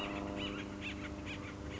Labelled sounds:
Acorn Woodpecker
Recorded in Sonoma County, California

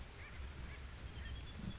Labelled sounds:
Chestnut-backed Chickadee
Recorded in Sonoma County, California

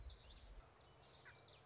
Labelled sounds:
Common Yellowthroat
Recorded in Sonoma County, California

